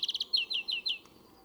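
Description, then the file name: European greenfinch giving a quick series of chirps followed by four downslurred twittering notes, all within about one second. "Chloris chloris"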